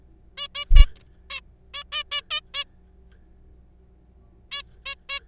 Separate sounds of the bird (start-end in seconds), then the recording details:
0.38-0.47, 0.55-0.65, 0.76-0.85, 1.30-1.40, 1.74-1.83, 1.92-2.03, 2.12-2.21, 2.31-2.40, 2.54-2.64, 4.52-4.62, 4.86-4.95, 5.09-5.19. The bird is a juvenile. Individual R3428